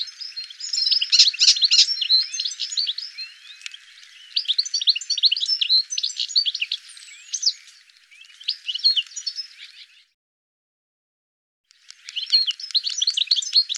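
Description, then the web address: Bird twittering: loud, crowded high chirps in several stretches, a clear silence near ten seconds, then rapid chirping resumes. "cianscape birddata Deverinetal 2025 File cleaned normalized Bird"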